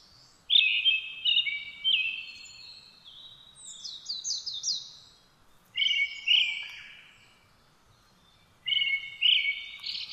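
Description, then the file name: Brown-headed thrush song: three phrases of whistled notes separated by pauses, the first followed by a higher rapid series. 17 June 2009 at 06:48. "akahara-20090617-0648"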